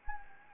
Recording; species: mosquito wingbeat signal from an infrared sensor; Anopheles gambiae